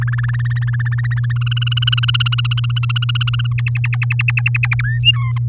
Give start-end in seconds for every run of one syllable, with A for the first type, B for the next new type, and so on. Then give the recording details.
0.01-1.33 A, 1.36-3.53 B, 3.58-4.82 C, 4.84-5.00 D, 5.03-5.32 E. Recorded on 7 May 2018 at 05:49. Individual llb16